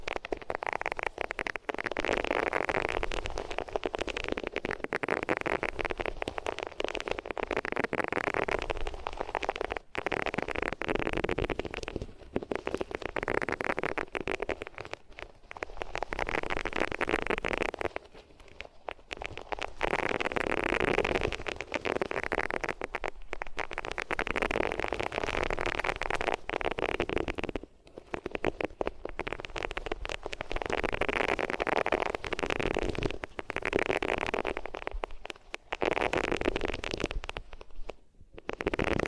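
Rubbing sounds from different materials pressed against the ears fill the recording with a dense, scratchy rush that hardly lets up. The texture shifts every few seconds as strokes change, with brief dips near 10, 18 and 28 seconds, and crackly, rain-like grain throughout.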